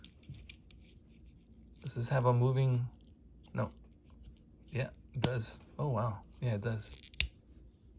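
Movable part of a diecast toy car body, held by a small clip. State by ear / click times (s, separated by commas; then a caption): seated / 7.2 s. Someone talks while handling a plastic-and-metal Hot Wheels diecast toy car from the 2022 K Case, closing its movable body part onto a small clip. A single sharp snap is heard at 7.2 s as the part seats and snaps into place on the clip.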